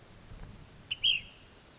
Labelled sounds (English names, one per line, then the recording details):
Ash-throated Flycatcher
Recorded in Sonoma County, California